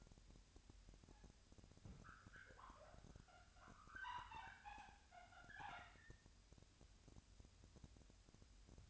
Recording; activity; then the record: daily activity, microphone in the room; wipe stove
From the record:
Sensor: 2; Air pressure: 1006.9 hPa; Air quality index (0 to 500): 198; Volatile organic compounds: 14 ppm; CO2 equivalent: 2431 ppm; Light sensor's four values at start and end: 9/23/9/10 and 9/23/9/10